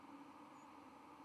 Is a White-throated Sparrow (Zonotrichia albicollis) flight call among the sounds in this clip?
yes